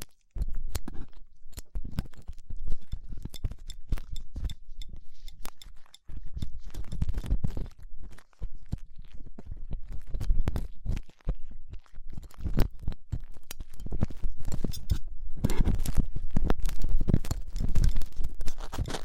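Ear cleaning with latex gloves and tools: a steady run of crisp, dense scraping and crackling clicks with almost no pauses. Brief near-silent gaps come around six and eleven seconds, and the rustling grows thicker and heavier in the final few seconds.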